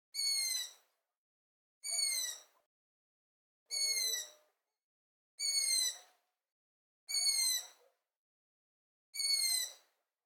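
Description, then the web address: Owl calls, six harsh, harmonic-rich notes, each slightly falling and under a second long, repeated about every two seconds over a silent background. "NS Studios - ultra sound collection animals owl"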